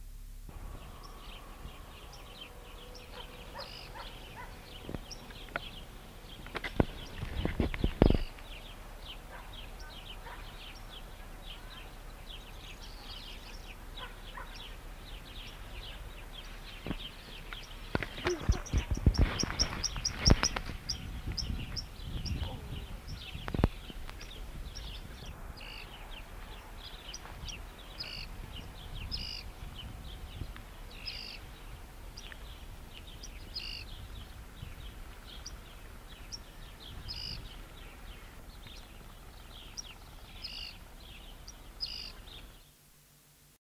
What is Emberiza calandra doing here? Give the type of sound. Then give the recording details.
call. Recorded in the wild. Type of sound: call. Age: diverse. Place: Mallorca, ES. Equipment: Halbspur, 9,5 cm/s. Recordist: Lütgens, Hans. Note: Flügges Junges und warnende Alte, Junges fliegt auf